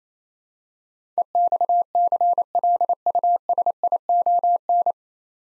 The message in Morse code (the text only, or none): EXCLUSION